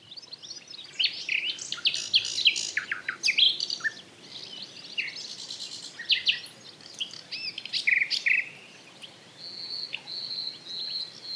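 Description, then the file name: Common nightingale song, a rich run of clicking rattles and chopped notes ending in several long level whistles, phrases following one another with short pauses. "Luscinia megarhynchos"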